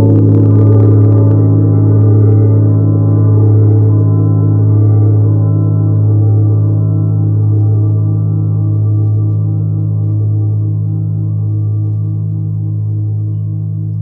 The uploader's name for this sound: Neptune Gong